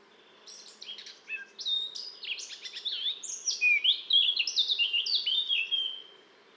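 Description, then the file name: Eurasian blackcap singing a rapid scratchy warble that runs into clearer, fluty descending phrases toward the end. "Sylvia atricapilla"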